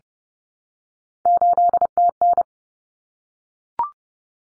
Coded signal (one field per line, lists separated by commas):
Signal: Morse code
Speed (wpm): 30 wpm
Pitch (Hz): 700 Hz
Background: none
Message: 8TN